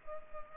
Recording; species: mosquito wingbeat signal from an infrared sensor; Culex pipiens